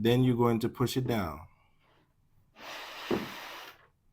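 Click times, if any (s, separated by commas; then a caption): none. Someone talks while a monitor's mounting hooks are handled against a monitor stand, with the back of the monitor hooked onto the stand's top two hooks before being pushed down. After the talking, a broad hiss-like rustle runs from about 2.5 to 3.8 seconds with a brief thump near 3.1 seconds. Nothing has seated or clicked yet.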